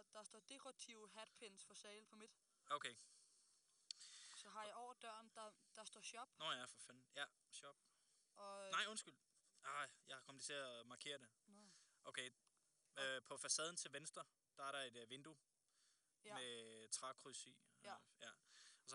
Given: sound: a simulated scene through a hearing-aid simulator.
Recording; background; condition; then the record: conversation; quiet; 75 dB SPL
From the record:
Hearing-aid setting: standard clinical setting (NAL); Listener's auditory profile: A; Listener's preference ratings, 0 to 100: 96, 100, 96